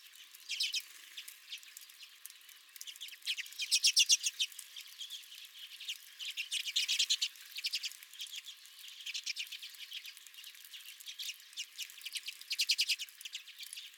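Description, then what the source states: Redpolls delivering rapid rattles and buzzy trills in repeated bursts. Several redpolls at the recordist's own feeder.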